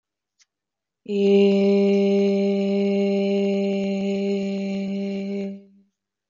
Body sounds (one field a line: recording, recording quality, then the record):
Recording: sustained vowel as in made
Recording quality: excellent, no background noise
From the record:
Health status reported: healthy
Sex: female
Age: 27 years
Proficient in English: yes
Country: India